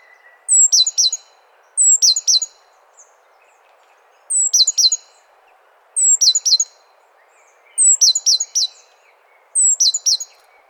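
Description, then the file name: Great tit calling in bursts of high, sharp, falling notes, six groups in all, each led by a thin whistle. "Parus major"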